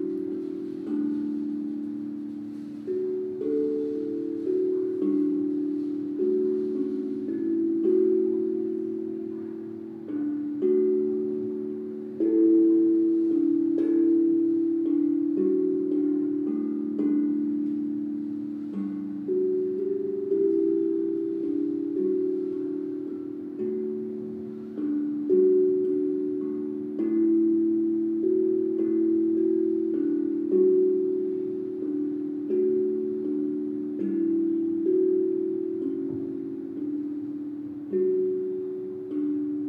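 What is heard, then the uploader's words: Singing bowls and a tongue drum ring in overlapping, sustained tones in a warm low-middle register, struck every second or two so each note swells and slowly fades. A soft, chime-like shimmer sits above, and the dense, even texture holds steady throughout. This is the first track I recorded of Vicky and Emma at Omoon Studio in Tsim Sha Tsui, HK. Emma journeys around the room and plays singing bowls or other sound instruments to each participant while Vicky creates the overall mood in the space from a stationary position.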